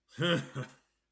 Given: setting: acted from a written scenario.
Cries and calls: vocal sound without words; anger

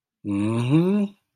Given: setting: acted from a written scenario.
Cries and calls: vocal sound without words; contentment

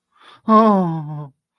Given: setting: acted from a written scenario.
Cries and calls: vocal sound without words; distress

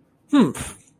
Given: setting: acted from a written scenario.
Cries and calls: vocal sound without words; triumph

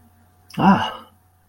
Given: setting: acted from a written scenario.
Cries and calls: vocal sound without words; shame

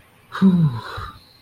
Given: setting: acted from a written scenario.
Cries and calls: vocal sound without words; serenity

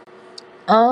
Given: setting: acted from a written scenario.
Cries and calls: vocal sound without words; pride

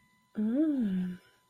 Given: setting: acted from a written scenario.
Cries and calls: vocal sound without words; romantic love

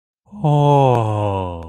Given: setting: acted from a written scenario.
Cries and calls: vocal sound without words; elation

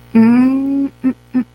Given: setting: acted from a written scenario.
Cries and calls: vocal sound without words; confusion

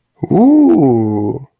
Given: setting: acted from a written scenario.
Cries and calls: vocal sound without words; interest

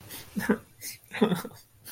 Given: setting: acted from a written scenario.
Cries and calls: vocal sound without words; sadness

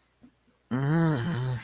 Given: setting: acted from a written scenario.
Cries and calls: vocal sound without words; desire

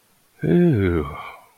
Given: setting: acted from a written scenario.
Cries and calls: vocal sound without words; desire

